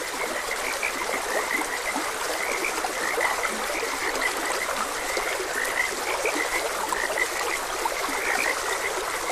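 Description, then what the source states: Frogs give repeated short croaks and chirps while a gentle stream rushes steadily underneath. Several frogs croaking beside a gentle stream.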